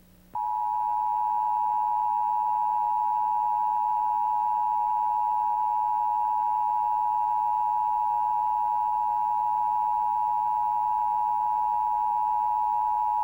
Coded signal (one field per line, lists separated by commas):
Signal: Emergency Alert System (SAME) tones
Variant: 853 and 960 Hz attention tone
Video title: Evolution of Emergency Broadcast System tests (1980-1996)